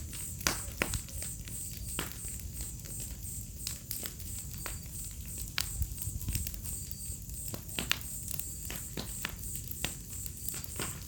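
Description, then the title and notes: Crickets give a continuous high beaded trill while a fire snaps and crackles irregularly throughout. Crickets chorusing on an autumn night beside a crackling bonfire, in a village within the Mata Atlântica rainforest. "Fogueira, grilos e estalar do fogo. Ouça ao estalar do fogo e uma sinfonia de grilos em uma noite de outono. Vila em meio a Mata Atlântica"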